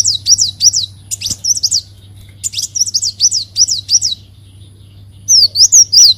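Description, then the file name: Leafbird song: quick series of high, sharp, rising-and-falling whistled notes in bursts, with brief pauses, then a sliding twittering run at the end. "Tieng chim xanh tim"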